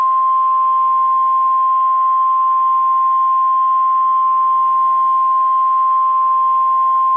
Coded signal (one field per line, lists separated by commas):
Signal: Emergency Alert System (SAME) tones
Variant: 1050 Hz attention tone